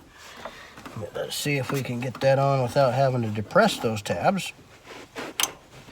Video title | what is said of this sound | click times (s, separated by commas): Changing the Fuel Pump and Filter in 2012 Kia Soul | so I heard two distinct clicks when I put this on | 5.4 s